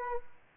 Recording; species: mosquito wingbeat signal from an infrared sensor; Aedes aegypti